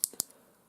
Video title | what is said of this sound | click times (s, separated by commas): How to install Mac OS X on an SD card | locked into place now | 0.0 s, 0.2 s